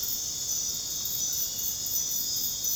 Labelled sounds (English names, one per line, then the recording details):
none
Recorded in dense forest near Puerto Asís, Putumayo, Colombia, on 9 March 2025 at 02:30
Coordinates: 0.486, -76.317
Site G053